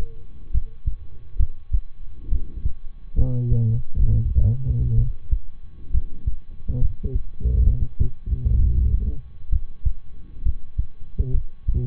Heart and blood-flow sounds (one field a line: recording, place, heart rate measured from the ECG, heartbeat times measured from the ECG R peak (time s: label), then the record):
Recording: heart sounds by stethoscope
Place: between the tricuspid and mitral areas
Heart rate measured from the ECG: 67 bpm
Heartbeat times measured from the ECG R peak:
0.50 s: heartbeat
1.36 s: heartbeat
2.28 s: heartbeat
3.14 s: heartbeat
4.00 s: heartbeat
4.94 s: heartbeat
5.90 s: heartbeat
6.77 s: heartbeat
7.63 s: heartbeat
8.56 s: heartbeat
9.48 s: heartbeat
10.42 s: heartbeat
11.30 s: heartbeat
From the record:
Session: rest, lying down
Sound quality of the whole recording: good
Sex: male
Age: 23 years